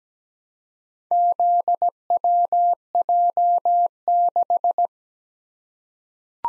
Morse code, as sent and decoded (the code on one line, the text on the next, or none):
--.. .-- .--- -....
ZWJ6